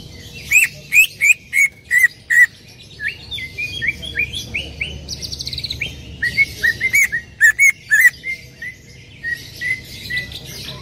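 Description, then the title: Greater green leafbird calling: a steady series of bright upslurred whistles, broken midway by a fast buzzy rattle, then more whistles. Female, vocalising intensely and calling to a male. "CUCAK IJO BETINA GACOR HIPER MEMANGGIL JANTAN"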